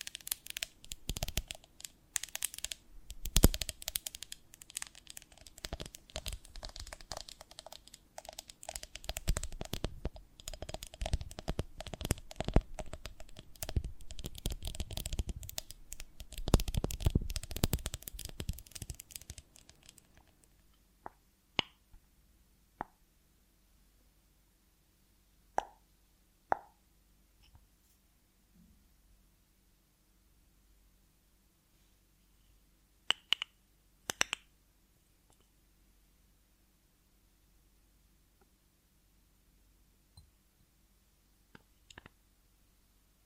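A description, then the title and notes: Dense crackling and sticky crunching of honeycomb fill the first twenty seconds, then sparse isolated clicks and taps follow in near silence. ASMR of a Honeycomb on Branch (No Talking).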